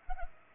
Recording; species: mosquito wingbeat signal from an infrared sensor; Culex pipiens